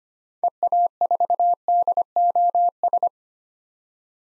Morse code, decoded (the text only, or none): EA4DOS